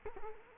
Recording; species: mosquito wingbeat signal from an infrared sensor; Culex quinquefasciatus